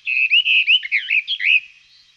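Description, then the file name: Western Orphean warbler giving a single short, fluty warbled phrase of looping slurred notes, rising and falling, fading out at the end. "pěnice-mistrovská"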